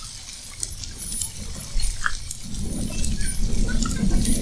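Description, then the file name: Spinner dolphin whistles: several high rising sweeps over a heavy low rumble that grows louder halfway through. Several spinner dolphins whistling, recorded at Fernando de Noronha. "Sons rotadores FN assovios"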